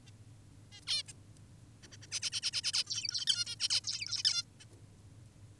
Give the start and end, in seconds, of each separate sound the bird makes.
0.07-0.10, 0.72-0.80, 0.87-1.03, 1.08-1.13, 1.83-1.88, 1.92-1.97, 2.02-2.07, 2.12-2.20, 2.22-2.30, 2.32-2.41, 2.43-2.51, 2.53-2.62, 2.64-2.72, 2.74-2.84, 2.87-3.25, 3.27-3.45, 3.47-3.56, 3.60-3.69, 3.70-3.81, 3.84-4.23, 4.25-4.43, 4.60-4.65